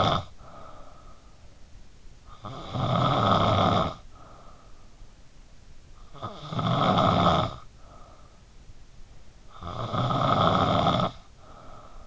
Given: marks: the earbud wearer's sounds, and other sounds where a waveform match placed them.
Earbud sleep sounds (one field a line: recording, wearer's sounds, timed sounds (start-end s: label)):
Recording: sounds in sleep by an in-ear microphone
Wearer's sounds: snoring breath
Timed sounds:
0.00-12.07 s: snoring breath